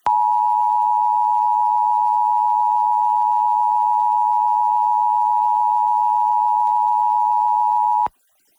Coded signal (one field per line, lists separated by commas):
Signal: Emergency Alert System (SAME) tones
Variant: 853 and 960 Hz attention tone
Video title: EAS #1091-1092: 2 EAS Required Monthly Tests- July 7, 2025- 10:15AM PDT